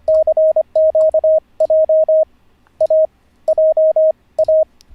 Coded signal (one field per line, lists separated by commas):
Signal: Morse code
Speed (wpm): 25 wpm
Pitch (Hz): 590 Hz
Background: radio noise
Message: CQJ AJA